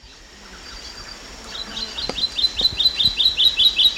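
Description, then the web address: Olivaceous Greenlet song: a rapid, steady series of short high slurred notes that starts softly and grows louder. Recorded in Ecuador. "Natures Songs S America Birds of Ecuador Olivaceous Greenlet"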